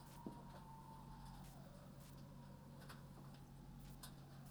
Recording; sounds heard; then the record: poultry house recording; healthy chickens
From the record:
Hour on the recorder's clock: 21